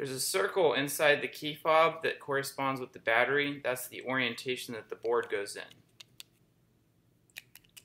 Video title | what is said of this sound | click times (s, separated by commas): 2010 Prius Key-fob Smart Key CR1632 Battery Replacement / Put key in metal container for security :) | put the back cover back on that's got the membrane waterproofing and it just clicks all together like | 7.4 s, 7.5 s